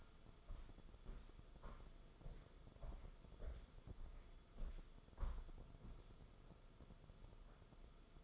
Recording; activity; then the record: daily activity, microphone in the room; walk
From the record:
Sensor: 5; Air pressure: 994.5 hPa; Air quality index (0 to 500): 177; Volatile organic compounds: 845 ppm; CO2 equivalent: 5167 ppm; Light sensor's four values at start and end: 12/31/12/14 and 13/31/12/14